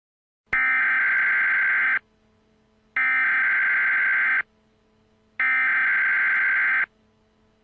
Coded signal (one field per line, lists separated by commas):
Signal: Emergency Alert System (SAME) tones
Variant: header bursts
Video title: Eas scenario 3: Sprunki